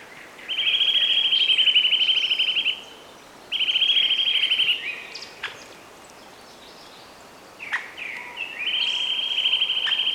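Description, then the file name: Eurasian nuthatch trilling: a fast, level rattle of high notes, repeated three times, with a few sharp chirps between trills. "Sitta europaea"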